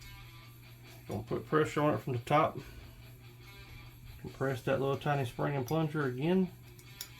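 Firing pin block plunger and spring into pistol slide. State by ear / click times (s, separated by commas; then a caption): partly seated / 6.8 s, 7.0 s. Someone talks while pressing the small firing pin block plunger and its spring down from the top into the slide of a Smith and Wesson M&P 5.7 pistol. Small clicks sound at 6.8 and 7.0 seconds as the plunger snaps only partway in. It will not seat the rest of the way until the firing pin is pushed in.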